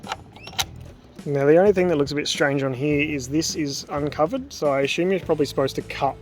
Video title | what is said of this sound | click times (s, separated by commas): Adding some accessories to the Honda CRV | lock it in place | 0.1 s